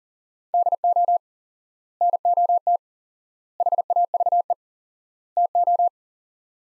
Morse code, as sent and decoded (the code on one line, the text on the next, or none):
-.. --- / -. --- - / .... .- ...- . / - ---
DO NOT HAVE TO